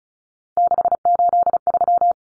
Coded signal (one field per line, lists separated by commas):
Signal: Morse code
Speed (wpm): 34 wpm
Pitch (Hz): 700 Hz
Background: none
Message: 683